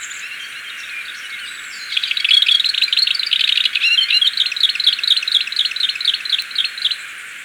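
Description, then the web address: Scarlet-bellied mountain tanager singing a fast, tumbling series of squeaky, twittering notes that runs for about five seconds, loud and continuous, then stops abruptly. Recorded in Ecuador. "Birds of Ecuador. Scarlet-Bellied Mountain-Tanager"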